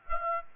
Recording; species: mosquito wingbeat signal from an infrared sensor; Aedes aegypti